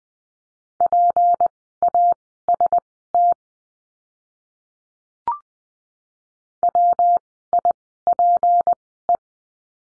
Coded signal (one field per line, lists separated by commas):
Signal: Morse code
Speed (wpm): 20 wpm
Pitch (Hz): 700 Hz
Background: none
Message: PAST WIPE